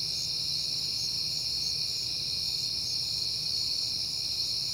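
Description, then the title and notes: Cricket chorus, many insects giving an unbroken high buzzy trill that pulses slightly, with quiet low background noise. Night recording made in September on a peaceful night; crickets heard often that month. "Night Time: Crickets and Passing Cars. It is September and I have been hearing the crickets a lot, but finally had a peaceful night to make the recording"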